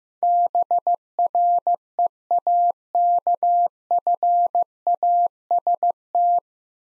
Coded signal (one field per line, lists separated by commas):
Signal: Morse code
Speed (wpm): 15 wpm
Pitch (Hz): 700 Hz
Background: none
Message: BREAKFAST